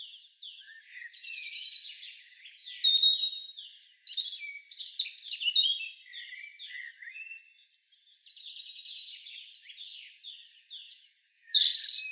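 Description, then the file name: European robin song, a loud run of high, thin warbled phrases and sharp trills mixed with quieter liquid twittering, with bright bursts around seconds three, five and eleven. "Erithacus rubecula"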